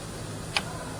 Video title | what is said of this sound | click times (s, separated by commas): How to check antifreeze / coolant and windshield washer fluid on a 2016 Lexus NX 200t | Okay, you heard it click. | 0.6 s